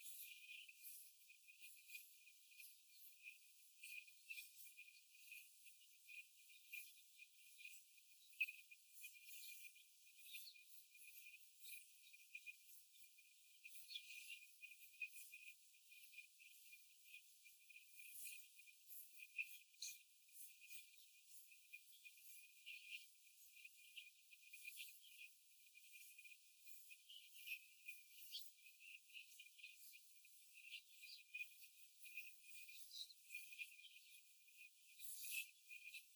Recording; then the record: young laying hens in a cage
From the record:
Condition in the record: after the stressor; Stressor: simulated dog barking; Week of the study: 4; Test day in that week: 1